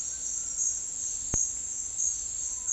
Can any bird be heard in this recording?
no